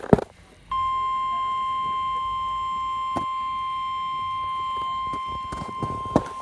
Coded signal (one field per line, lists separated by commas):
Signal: Emergency Alert System (SAME) tones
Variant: 1050 Hz attention tone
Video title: Severe Thunderstorm Warning (EAS) No. 30